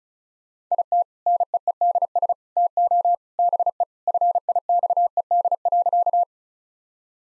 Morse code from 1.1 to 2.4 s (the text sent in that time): NEEDS